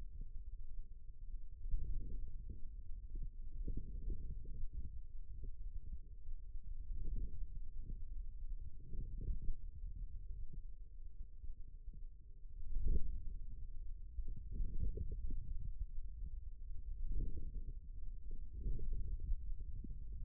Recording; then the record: forearm muscle sounds (acoustic myography)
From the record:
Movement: outward rotation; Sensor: system 2, bracelet of six BSWA MPA416 microphones around the upper forearm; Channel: 4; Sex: male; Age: 22 years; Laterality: right